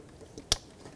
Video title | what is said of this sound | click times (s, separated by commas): How to Replace Upstream Oxygen Sensor 2003-2007 Nissan Murano | there we go that locked into place | 0.5 s